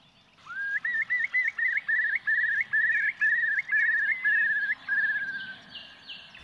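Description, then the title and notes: Eurasian curlew bubbling call: a rising whistled opening, then a run of about a dozen quick rolling notes that hold steady before a final drawn-out trill, with faint high bird notes at the end. "Isokuovi. esitteli Risto Nevanlinna"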